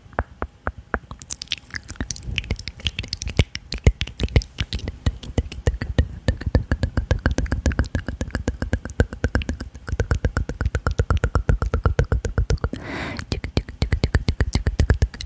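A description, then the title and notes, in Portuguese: Intense close-up mouth sounds fill the clip: rapid, dense wet clicks and smacks repeating several times a second, like chewing and biting, with a faint hum underneath. The pace stays busy throughout, with a brief hissy breath or whisper near thirteen seconds. ASMR intenso com muitos sons de boca perto dos seus ouvidos.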